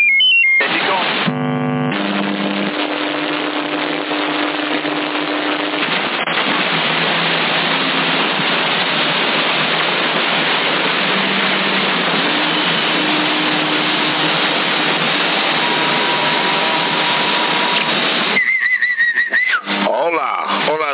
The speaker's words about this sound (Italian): Vabbè, entra a farmi la doccia, da.